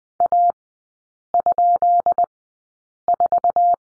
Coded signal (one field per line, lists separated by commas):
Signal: Morse code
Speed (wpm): 20 wpm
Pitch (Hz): 700 Hz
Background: none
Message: A?4